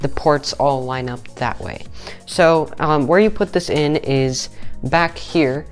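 A metal I/O shield is being handled for the rear cutout of a PC case, oriented so the ports line up, and will be pressed in by feel. Someone talks over soft background music. Nothing has seated or clicked yet.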